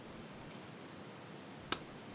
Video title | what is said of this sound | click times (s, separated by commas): Ordre d'allumage? remplacement tete doigt et faisceau Rover V8 | voilà on l'entend bien également mais | 1.7 s